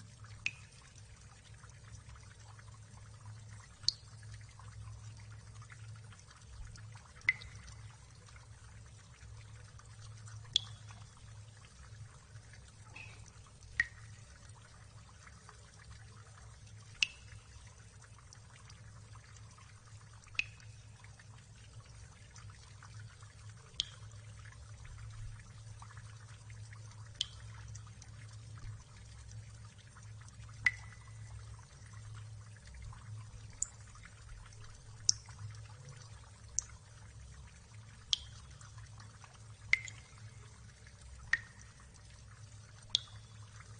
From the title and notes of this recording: Hypnotic water drops.